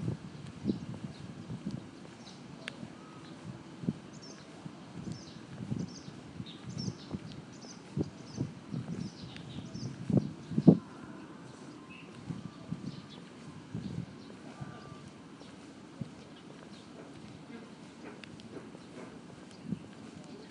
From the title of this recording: Chaoyang Park